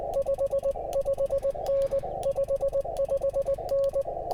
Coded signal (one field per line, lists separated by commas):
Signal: Morse code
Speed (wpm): 19 wpm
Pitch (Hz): 550 Hz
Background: none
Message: 55N 55N